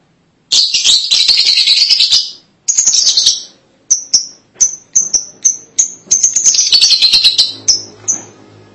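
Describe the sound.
Lovebird chattering, harsh high buzzy bursts mixed with sharp repeated chirps.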